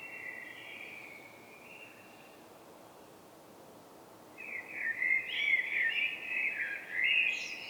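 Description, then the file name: Common blackbird song with a soft whistled phrase first, a pause, then a loud rolling warble ending in a high squeaky flourish. "Turdus merula"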